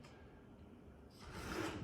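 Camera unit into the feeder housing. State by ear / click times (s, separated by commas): not seated / none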